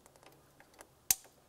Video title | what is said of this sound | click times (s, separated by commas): How to Replace Dual Radiator & Condenser Fan Assembly 2009-2019 Ford Flex | listen for a click give it a tug and now we can re-secure our last mounting Point here now | 1.1 s